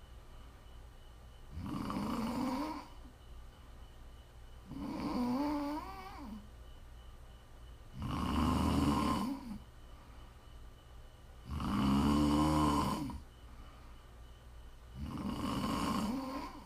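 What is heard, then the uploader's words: Five loud, rasping snores recur about every three and a half seconds, each lasting roughly a second, separated by quiet breathing and a faint steady hum. ASMR Snoring.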